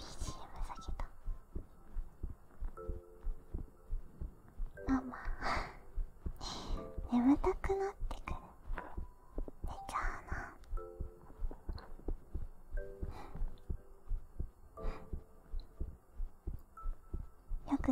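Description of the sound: Steady, soft low thumps of a heartbeat run through the whole stretch at roughly 88 beats a minute. Whispered speech and faint background tones sit over the beats at times.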